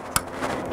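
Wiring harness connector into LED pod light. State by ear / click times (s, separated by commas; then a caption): seated / 0.2 s. A keyed wiring harness plug is pushed into the rear socket of a Diode Dynamics SSC2 Pro LED pod light mounted on a Prinsu roof rack, and its plastic clip snaps in with a sharp, bright click at 0.2 s. The connector is seated, and a faint low background continues afterward.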